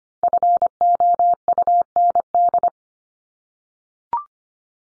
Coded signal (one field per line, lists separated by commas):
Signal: Morse code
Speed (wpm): 25 wpm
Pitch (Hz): 700 Hz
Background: none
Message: FOUND